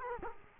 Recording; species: mosquito wingbeat signal from an infrared sensor; Culex quinquefasciatus